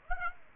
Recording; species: mosquito wingbeat signal from an infrared sensor; Aedes aegypti